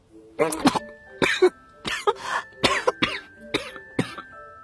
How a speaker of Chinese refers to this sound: 正玩鸭子的展昭的脸低得低了些，水跑进鼻子里去了，直咳嗽。